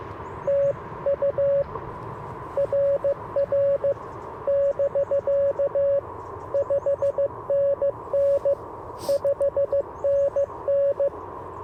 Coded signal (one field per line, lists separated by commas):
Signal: Morse code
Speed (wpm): 21 wpm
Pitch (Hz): 560 Hz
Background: radio noise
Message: TU RR <BK> 5NN 5NN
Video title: Morning Morse Code - 12/12/2024